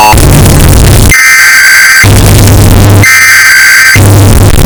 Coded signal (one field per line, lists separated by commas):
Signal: Emergency Alert System (SAME) tones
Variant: header bursts